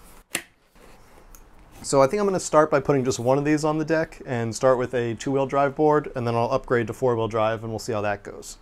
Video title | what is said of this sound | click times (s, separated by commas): Easiest DIY electric skateboard kit yet (Revel) | it just kind of slides on there and clicks into place so | 0.3 s